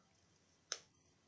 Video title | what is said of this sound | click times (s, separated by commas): OnePlus One Battery replacement (Retro Tech repair, first time) | oh that one just clicked in place i don't know what that one was | 0.7 s